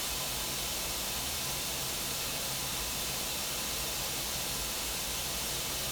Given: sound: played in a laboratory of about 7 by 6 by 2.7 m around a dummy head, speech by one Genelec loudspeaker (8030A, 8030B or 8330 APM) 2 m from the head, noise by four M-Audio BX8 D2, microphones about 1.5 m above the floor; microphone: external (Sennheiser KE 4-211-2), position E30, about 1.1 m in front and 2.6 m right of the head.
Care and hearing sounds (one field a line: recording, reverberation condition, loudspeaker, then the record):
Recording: white noise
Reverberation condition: low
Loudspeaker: four, about 170 cm from the corners of the room and facing them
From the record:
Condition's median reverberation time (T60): about 310 ms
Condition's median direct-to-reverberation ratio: about 3.5 dB